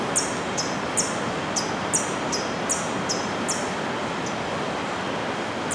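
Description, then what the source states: Hummingbird giving high, thin chips in a quick series that slows and fades toward the end, with a steady hiss of background noise throughout. Soundscape at Finca de Rollo, Boquete, Chiriquí, Panama, recorded in the afternoon.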